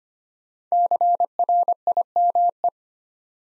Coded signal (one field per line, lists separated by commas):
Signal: Morse code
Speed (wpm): 25 wpm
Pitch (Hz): 700 Hz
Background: none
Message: CRIME